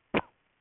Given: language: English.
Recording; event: throat vibration sensor signal played as sound; cough